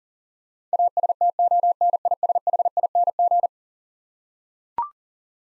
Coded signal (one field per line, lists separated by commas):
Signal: Morse code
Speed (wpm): 40 wpm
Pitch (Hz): 700 Hz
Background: none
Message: ASTONISHING